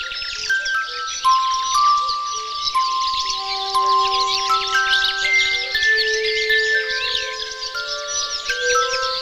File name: Zvuki prirody dlya malyshej - Penie ptic